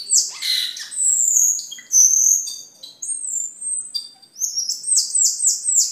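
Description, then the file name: Camperling song opening with harsh chattering notes, then long level high whistles and a closing run of quick whistled slurs. "camperling omkicau"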